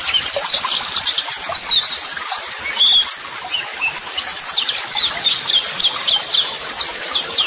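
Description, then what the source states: White-eye song, bright high chirps and quick trills delivered in a continuous chattering flow, with a few longer whistled notes in the middle. White-eye (pleci) singing vigorously ('gacor'); song used as a model (masteran) for training other birds.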